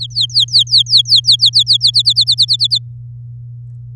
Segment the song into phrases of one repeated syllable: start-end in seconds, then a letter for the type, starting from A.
0.00-1.91 A, 1.93-2.78 B